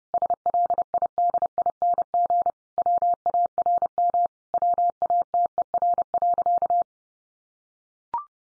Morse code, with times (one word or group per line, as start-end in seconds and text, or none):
0.1-2.5 SLIDING
2.8-4.3 WARM
4.5-6.8 WATER.